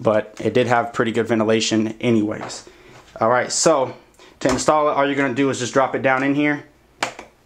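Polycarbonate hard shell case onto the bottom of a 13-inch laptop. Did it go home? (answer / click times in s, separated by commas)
yes / 7.0 s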